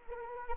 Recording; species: mosquito wingbeat signal from an infrared sensor; Anopheles arabiensis